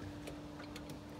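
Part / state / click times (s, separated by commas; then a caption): folding hoist arm locking into its mount in a car boot / not seated / none. The folding arm of a Carolift 40 scooter hoist is handled in the boot of a BMW X5 as it is brought toward its mount, with light ticks near 0.3 s and 0.8 s over a steady low hum. The arm has not locked into place yet; nothing has seated or clicked.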